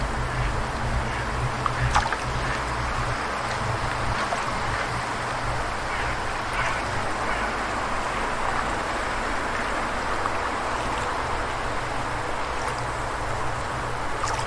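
A steady outdoor wash of flowing water and wind fills the scene, with a low, constant rumble underneath. Faint chirps and clicks flicker through the upper range now and then, briefly sharper near two and seven seconds. The level stays even throughout.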